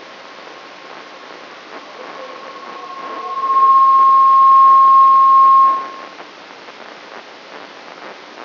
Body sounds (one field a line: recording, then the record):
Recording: brain microelectrode recording played as sound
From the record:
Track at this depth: outside the subthalamic nucleus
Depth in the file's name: 7.46 mm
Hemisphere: left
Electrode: 3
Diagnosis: Parkinson's disease